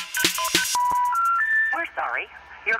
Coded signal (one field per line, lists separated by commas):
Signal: telephone call progress tone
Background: speech, music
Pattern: special information tone